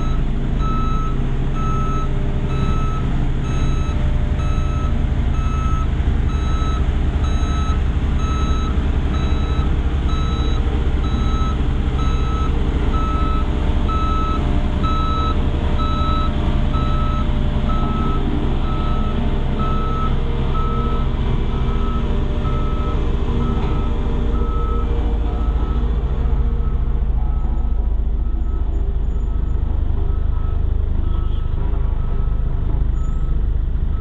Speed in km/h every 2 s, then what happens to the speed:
0, 0, 0, 0, 0, 0, 0, 0, 0, 0, 0, 0, 0, 1, 3, 2, 2.
0-34 standing.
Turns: none.